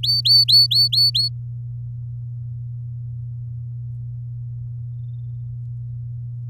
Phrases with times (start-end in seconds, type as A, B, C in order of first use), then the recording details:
0.03-1.29 A. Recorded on 7 May 2018 at 14:23. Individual llb16